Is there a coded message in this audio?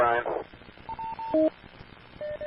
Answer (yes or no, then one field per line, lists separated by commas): no